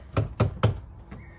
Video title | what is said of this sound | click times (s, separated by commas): How to replace door pocket on Volvo 740 and 940 | all the clips have engaged | 0.2 s, 0.4 s, 0.6 s